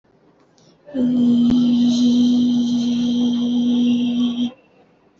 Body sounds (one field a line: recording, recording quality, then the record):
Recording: sustained vowel as in beet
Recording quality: excellent, no background noise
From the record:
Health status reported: healthy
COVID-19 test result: negative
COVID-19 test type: RT-PCR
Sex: female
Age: 22 years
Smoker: no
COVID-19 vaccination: both doses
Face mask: worn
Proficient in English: yes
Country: India